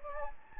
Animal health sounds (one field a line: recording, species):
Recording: mosquito wingbeat signal from an infrared sensor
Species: Anopheles gambiae